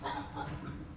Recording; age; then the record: pig call; growing-finishing pig (85 days or more)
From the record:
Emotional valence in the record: positive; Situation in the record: run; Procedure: transit